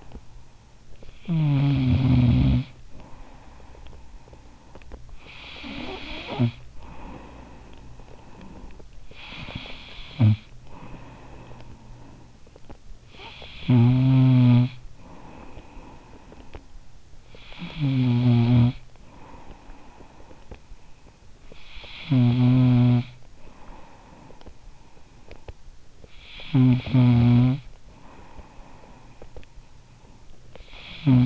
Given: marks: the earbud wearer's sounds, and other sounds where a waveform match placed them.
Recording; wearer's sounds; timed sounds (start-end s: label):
sounds in sleep by an in-ear microphone; snoring breath
0.00-31.26 s: snoring breath